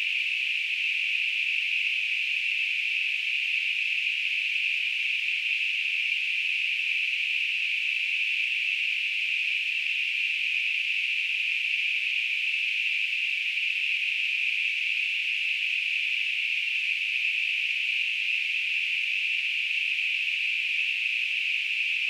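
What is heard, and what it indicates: Steady, unchanging high hiss centred near 2–3 kHz, a simulated tinnitus sound.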